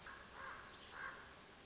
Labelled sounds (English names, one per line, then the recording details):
Common Raven
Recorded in Sonoma County, California